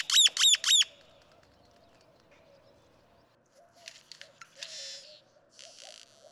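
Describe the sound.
Great-tailed grackle giving three loud, quick notes, followed by quiet and then soft scattered rattles and chatter.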